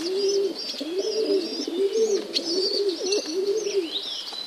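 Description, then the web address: Domestic pigeon coos, a steady series of low, rounded, rising-and-falling phrases, with light high chirps in the background. Recorded in a pigeon loft (gołębnik). "wroblowe kolekcja golebnik"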